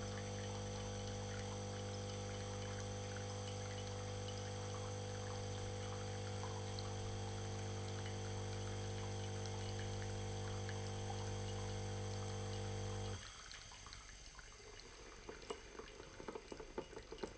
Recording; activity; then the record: daily activity, microphone in the room; make coffee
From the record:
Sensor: 4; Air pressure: 1008.2 hPa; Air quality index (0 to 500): 119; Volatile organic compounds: 1 ppm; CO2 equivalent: 872 ppm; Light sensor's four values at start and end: 12/26/11/11 and 11/24/10/10